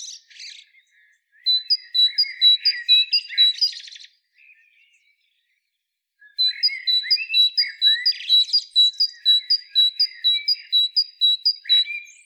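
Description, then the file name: Great tit calling in two long bouts of bright high repeated double notes, roughly two a second, mixed with scratchy lower calls. "Parus major"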